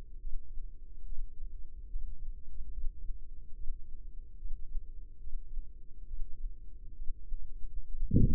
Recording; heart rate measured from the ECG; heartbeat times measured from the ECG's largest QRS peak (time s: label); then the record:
heart sounds by microphone in the left ear; 70 bpm
0.18 s: heartbeat
1.04 s: heartbeat
1.87 s: heartbeat
2.70 s: heartbeat
3.53 s: heartbeat
4.36 s: heartbeat
5.18 s: heartbeat
6.05 s: heartbeat
6.93 s: heartbeat
7.86 s: heartbeat
From the record:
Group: healthy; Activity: breath hold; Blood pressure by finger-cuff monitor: 91/64 mmHg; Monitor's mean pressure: 69 mmHg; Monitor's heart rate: 72 bpm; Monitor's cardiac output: 4.6 L/min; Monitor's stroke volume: 65 mL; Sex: female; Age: 36 years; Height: 163 cm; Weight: 88 kg